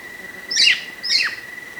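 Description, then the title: Black-crested warbler calling two sharp, high chips about half a second apart, each sliding quickly downward, with a constant thin background tone. "Myiothlypis Nigrocristata"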